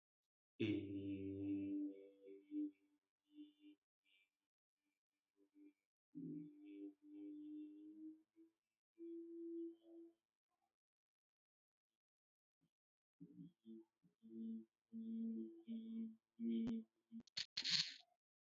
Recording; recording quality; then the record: sustained vowel as in beet; excellent, no background noise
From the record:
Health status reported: healthy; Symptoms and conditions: none ticked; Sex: male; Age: 25 years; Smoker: not ticked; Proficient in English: yes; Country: India